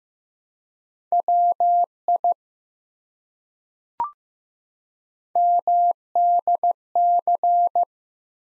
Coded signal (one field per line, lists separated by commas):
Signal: Morse code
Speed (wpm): 15 wpm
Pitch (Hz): 700 Hz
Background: none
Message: WI MDC